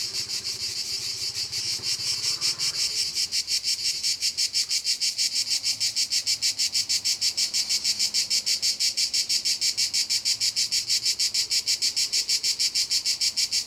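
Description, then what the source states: Cicada song, a continuous high buzzing pulsed in rapid regular beats, with faint low rumbling in the first few seconds. Cicadas at Castelvecchio di Rocca, Liguria, Italy.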